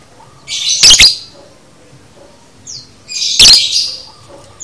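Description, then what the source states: Lovebird giving two shrill, explosive chirps, each trailing into a buzzy high trill, about two and a half seconds apart. Training recording (masteran) of a lovebird in the konslet chatter style, used to teach birds to chatter.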